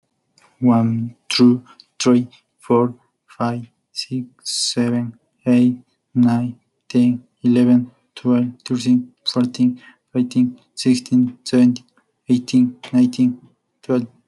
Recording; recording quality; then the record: counting at a normal pace; excellent, no background noise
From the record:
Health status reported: healthy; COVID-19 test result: not tested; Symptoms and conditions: none ticked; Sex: male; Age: 27 years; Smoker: not ticked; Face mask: not worn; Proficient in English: no